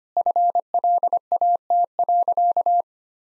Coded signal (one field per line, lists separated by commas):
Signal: Morse code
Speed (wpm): 25 wpm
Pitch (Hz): 700 Hz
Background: none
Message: FLAT.